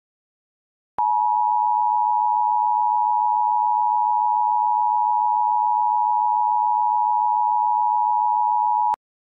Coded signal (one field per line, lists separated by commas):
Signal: Emergency Alert System (SAME) tones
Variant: 853 and 960 Hz attention tone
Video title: EAS Scenario: Killer EF5 Tornado for Chicago O’Hare in eastern Illinois